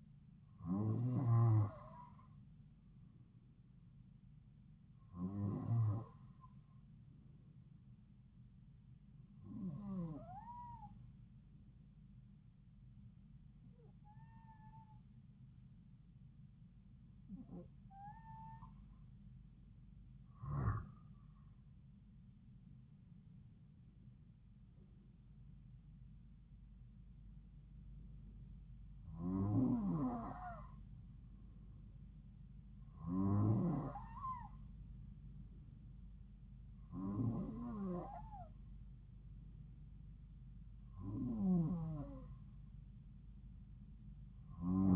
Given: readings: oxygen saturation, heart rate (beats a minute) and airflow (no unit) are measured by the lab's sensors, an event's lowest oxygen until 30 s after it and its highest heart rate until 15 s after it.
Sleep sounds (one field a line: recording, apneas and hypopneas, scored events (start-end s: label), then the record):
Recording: breathing in sleep by a smartphone at the bedside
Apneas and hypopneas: none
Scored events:
none scored
From the record:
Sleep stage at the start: N2 (light sleep)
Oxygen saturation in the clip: 91 to 93%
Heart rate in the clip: 66 to 75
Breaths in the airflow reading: 11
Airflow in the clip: -3.6 to 5.1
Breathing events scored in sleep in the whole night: 270 in 6.1 hours asleep